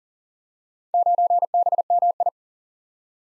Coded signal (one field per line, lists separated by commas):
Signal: Morse code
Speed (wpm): 42 wpm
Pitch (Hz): 700 Hz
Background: none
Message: 9BMI